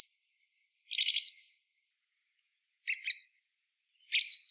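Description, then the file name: Eurasian blackbird song: sparse bursts of very high, scratchy twittering notes with long silent gaps between them. "Turdus merula"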